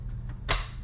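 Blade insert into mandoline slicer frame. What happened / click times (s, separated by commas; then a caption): The blade insert clicked into place / 0.5 s. A 2.5 mm plastic blade insert is slid into the frame of a Spring Kitchen mandoline slicer. One sharp, bright click sounds at 0.5 s against a quiet low hum, then trails off, showing the insert has seated and is secure.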